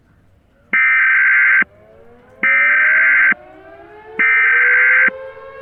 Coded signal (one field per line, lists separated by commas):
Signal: Emergency Alert System (SAME) tones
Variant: header bursts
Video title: #2 EAS Mock: Thrawn's Invasion (Halloween 2023)